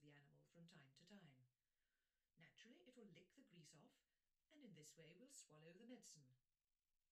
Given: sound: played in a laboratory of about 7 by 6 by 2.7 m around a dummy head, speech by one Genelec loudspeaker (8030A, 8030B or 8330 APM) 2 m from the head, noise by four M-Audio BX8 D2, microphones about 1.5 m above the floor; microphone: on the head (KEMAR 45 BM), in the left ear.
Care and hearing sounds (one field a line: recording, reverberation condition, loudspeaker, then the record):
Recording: female speech in English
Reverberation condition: low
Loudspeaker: 30 degrees to the right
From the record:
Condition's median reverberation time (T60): about 310 ms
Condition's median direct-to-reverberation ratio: about 3.5 dB